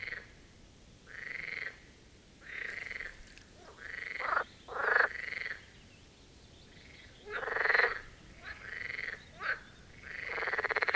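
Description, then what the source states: Marsh frog chorus: varied rattling croaks and abrupt chuckling notes, some louder and longer, coming in uneven runs. A chorus at the Birkensee, Schönbuch, Germany, recorded on one of the first proper hot summer days of 2023.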